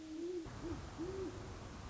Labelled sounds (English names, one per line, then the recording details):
Great Horned Owl
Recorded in Sonoma County, California